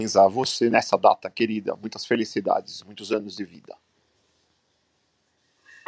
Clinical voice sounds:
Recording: short text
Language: Brazilian Portuguese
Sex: male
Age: 40 to 49 years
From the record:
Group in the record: control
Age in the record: 48 years

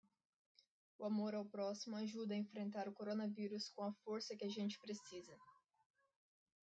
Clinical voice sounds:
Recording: spoken sentence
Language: Brazilian Portuguese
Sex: female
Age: 20 to 29 years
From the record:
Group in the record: control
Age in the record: 25 years

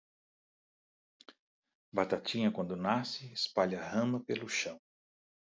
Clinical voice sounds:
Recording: short text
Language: Brazilian Portuguese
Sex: male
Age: 50 to 59 years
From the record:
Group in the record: control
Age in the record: 51 years

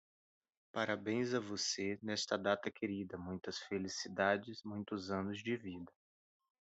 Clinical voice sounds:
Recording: short text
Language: Brazilian Portuguese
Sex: male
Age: 30 to 39 years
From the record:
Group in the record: control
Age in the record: 31 years

